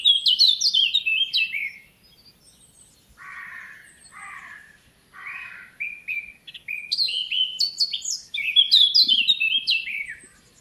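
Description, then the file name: Eurasian blackcap with a busy warbling phrase, then several lower, scratchy notes, followed by another bright, quick warble. "Sylvia atricapilla"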